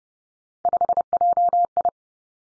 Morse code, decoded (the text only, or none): 5JI